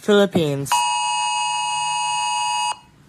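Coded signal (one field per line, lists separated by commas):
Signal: Emergency Alert System (SAME) tones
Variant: 853 and 960 Hz attention tone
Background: speech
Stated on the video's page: Compilation of emergency alarms from around the world.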